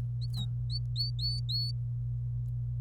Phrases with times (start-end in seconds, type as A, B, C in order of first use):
0.22-0.45 A, 0.70-1.71 A